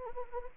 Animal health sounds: mosquito wingbeat signal from an infrared sensor; Anopheles arabiensis

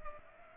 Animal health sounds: mosquito wingbeat signal from an infrared sensor; Culex pipiens

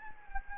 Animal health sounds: mosquito wingbeat signal from an infrared sensor; Anopheles gambiae

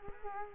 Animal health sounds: mosquito wingbeat signal from an infrared sensor; Culex quinquefasciatus

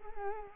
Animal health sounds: mosquito wingbeat signal from an infrared sensor; Culex quinquefasciatus

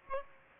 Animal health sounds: mosquito wingbeat signal from an infrared sensor; Aedes aegypti

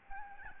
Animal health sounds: mosquito wingbeat signal from an infrared sensor; Aedes albopictus

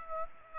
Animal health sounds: mosquito wingbeat signal from an infrared sensor; Aedes aegypti

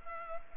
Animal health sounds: mosquito wingbeat signal from an infrared sensor; Culex pipiens

